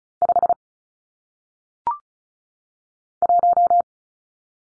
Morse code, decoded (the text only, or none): 5 1